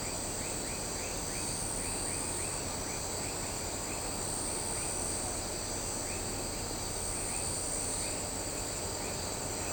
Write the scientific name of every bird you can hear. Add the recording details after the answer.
none. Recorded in shrubland near Pivijay, Magdalena, Colombia, on 18 April 2023 at 20:00. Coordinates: 10.453, -74.365. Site P5-G022